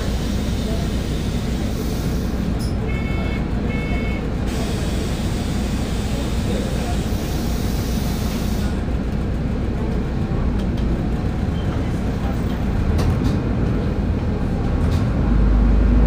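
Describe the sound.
A bus ride with a steady low engine rumble throughout, a brief two-tone beep near three seconds, and faint murmured voices beneath.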